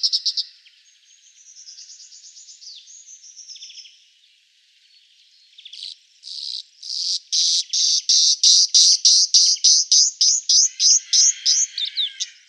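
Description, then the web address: Cyprus wheatear song opens with a soft scratchy warble, then turns into a fast, even series of sharp high notes repeated about three to four times a second. "Schulze Peter Cyprus Wheatear song"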